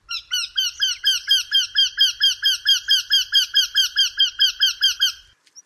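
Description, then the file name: Eurasian wryneck calling a steady string of about twenty nasal notes at an even pace, more than two per second. "Wendehals"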